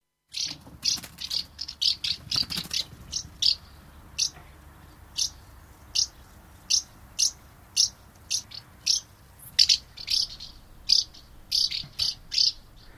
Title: Viikon luontoääni: Räystäspääsky